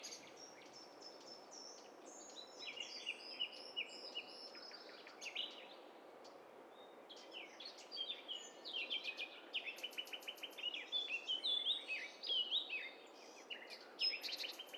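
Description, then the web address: Dense bird chorus: many overlapping chirps, trills and whistled phrases from several birds at once over steady background hiss, growing busier toward the end. "Hi Fi STEREO BIRD COCKTAIL PARTY Challenge"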